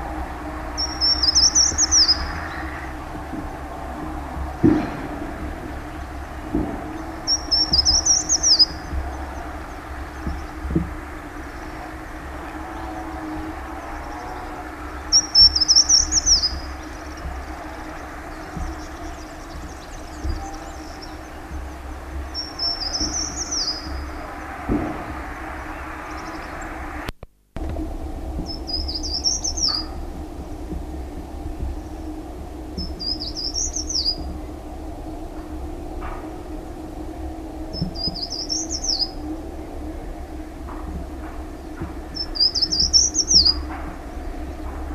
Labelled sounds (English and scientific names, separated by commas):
Short-toed Treecreeper (Certhia brachydactyla) song